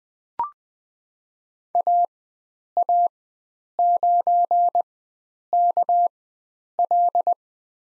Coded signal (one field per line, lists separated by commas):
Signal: Morse code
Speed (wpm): 20 wpm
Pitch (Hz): 700 Hz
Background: none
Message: AA9KL